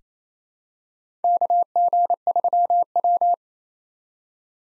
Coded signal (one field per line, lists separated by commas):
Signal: Morse code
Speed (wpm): 27 wpm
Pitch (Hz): 700 Hz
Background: none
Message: KG3W